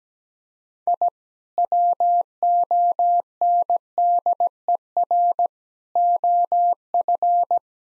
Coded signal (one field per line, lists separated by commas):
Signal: Morse code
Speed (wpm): 17 wpm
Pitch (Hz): 700 Hz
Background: none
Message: I WONDER OF